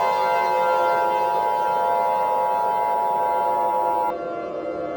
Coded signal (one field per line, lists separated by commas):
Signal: Emergency Alert System (SAME) tones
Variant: 853 and 960 Hz attention tone